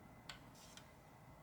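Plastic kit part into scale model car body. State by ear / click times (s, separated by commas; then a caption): seated / 0.3 s. A plastic part from a Hasegawa 1/24 scale Jaguar XJR-9 LM (1988 Le Mans winner) model car kit is slid into its mating part in the car body and locks in place. A sharp click is heard at 0.3 s, followed by a fainter tick at 0.8 s over quiet background hiss. The part is seated.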